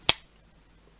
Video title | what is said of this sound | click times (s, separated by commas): ZPs sum of my faveret littal knives | really opens with a click shuts with a good positive click | 0.1 s